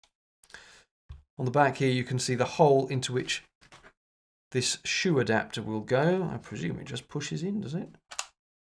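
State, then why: Seated. A plastic accessory shoe adapter is pushed into its socket on the back of a Panasonic HC-VX870 (HC-VX970) camcorder body while someone talks. It clicks into place at 8.2 s, and the adapter is seated.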